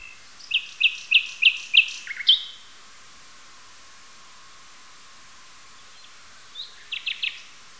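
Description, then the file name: Nightingale song: five loud, evenly repeated chirps and two different notes, a long silence, then a brief phrase of a few notes. "solovei"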